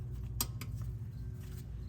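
A small metal staple retaining clip is pushed all the way through the internal harness connector of a 4L60-E transmission on a Chevy/GMC truck or SUV to keep the connector from slipping out. A sharp metallic click at 0.4 s and a fainter one at 0.6 s rise over a steady low hum. The clip is seated home.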